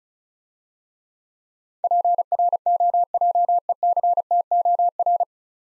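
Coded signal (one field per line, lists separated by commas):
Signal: Morse code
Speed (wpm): 34 wpm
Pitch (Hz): 700 Hz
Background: none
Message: PROJECTOR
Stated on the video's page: Morse practice set of easy words with contextual hints, speed-racing, 35 wpm.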